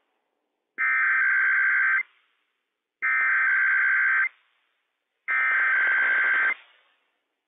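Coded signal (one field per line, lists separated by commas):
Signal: Emergency Alert System (SAME) tones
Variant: header bursts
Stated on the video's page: Required Weekly Test issued by civil authorities for California, Nevada, Oregon and Washington; valid EAS tones taken from stream audio rather than a Midland ER-210 weather radio.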